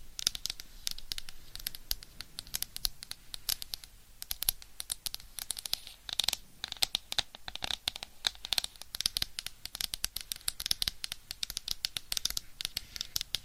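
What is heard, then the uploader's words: Dense, fast scratching fills the whole stretch with bright, crackly bursts and quick taps, briefly thinning near four seconds before resuming steadily. ASMR for ADHD Changing Triggers Every 30 Seconds Scratching , Tapping , Massage & More (No Talking).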